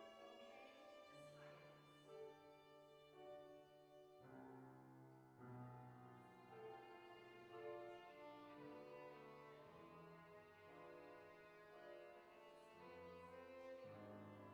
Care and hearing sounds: everyday scene through a hearing-aid microphone; reverberant space; music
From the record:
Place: church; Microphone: behind the ear, right, rear

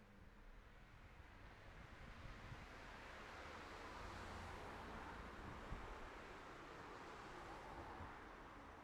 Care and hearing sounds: everyday scene through a hearing-aid microphone; in traffic; traffic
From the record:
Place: city secondary road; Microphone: behind the ear, right, front

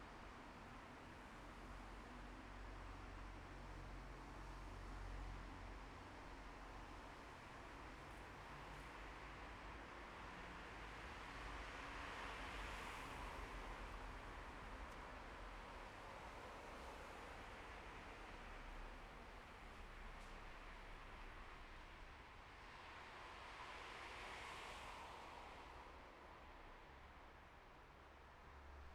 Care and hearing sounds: everyday scene through a hearing-aid microphone; in traffic; traffic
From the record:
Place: bus stop on a city main road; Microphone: behind the ear, left, front

